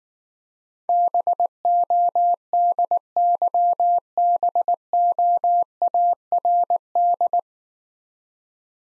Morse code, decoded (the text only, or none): BODYBOARD